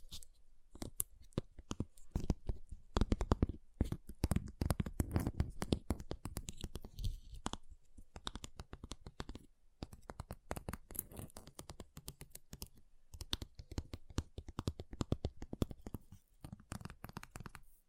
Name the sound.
Ice Tapping, Scratching, Carving Sounds